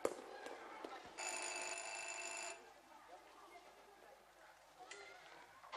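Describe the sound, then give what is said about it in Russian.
The doorbell of a top-floor apartment rings once in a single steady, bright, buzzing tone lasting over a second, then cuts off, leaving quiet shuffling and faint background noise. “Останавливается на этаже. Звонит в квартиру.”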